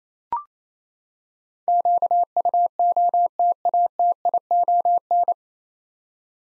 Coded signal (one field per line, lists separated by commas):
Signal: Morse code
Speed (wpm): 28 wpm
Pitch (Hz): 700 Hz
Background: none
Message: QUOTATION